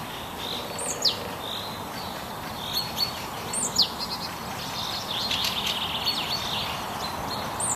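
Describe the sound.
Birds singing in a forest chorus, with high thin whistled notes and sharp downward-sweeping chirps recurring over a steady background hiss.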